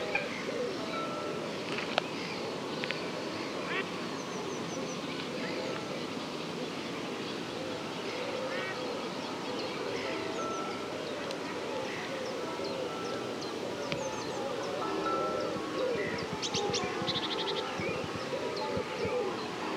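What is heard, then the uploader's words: Dusk at Rye Harbour Nature Reserve: a saltmarsh soundscape with a steady, dense low murmur underneath. Birds call and chirp throughout, with short bright chirps scattered across the clip and a busier cluster of high calls around the last few seconds, plus soft cooing tones. Dusk at Rye Harbour Nature Reserve. Recorded by Mary Hooper. The soundscape of a saltmarsh nature reserve - the daytime flora and fauna, birds, insects and landscape winding down before night time.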